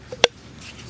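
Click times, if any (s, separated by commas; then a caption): 0.2 s. A knife blade is pushed back into its retaining sheath so it stays secured when not in use. A faint tap at about 0.1 s comes just before one sharp, loud click at 0.2 s, and the knife is seated in the sheath.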